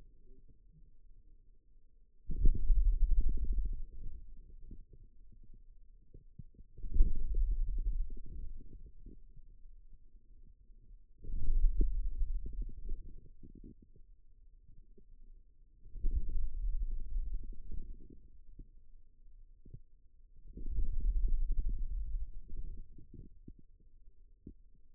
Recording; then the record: forearm muscle sounds (acoustic myography)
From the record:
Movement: hand closing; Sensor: system 2, bracelet of six BSWA MPA416 microphones around the upper forearm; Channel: 1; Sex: male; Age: 22 years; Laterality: right